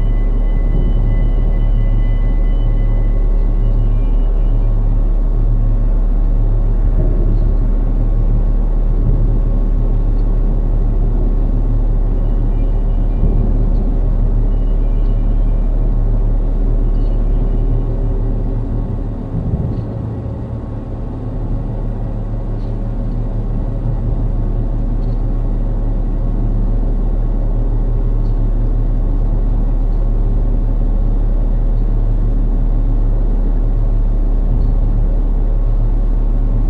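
A very low mechanical hum drones steadily throughout, with a few deep tones standing out and a dense rumble beneath. Faint higher chirps and ticks come and go, and the level dips briefly around twenty seconds before returning.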